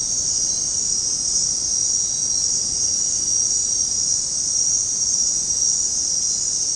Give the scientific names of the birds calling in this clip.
none